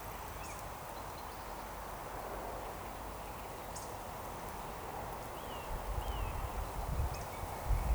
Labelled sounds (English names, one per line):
Eurasian Woodcock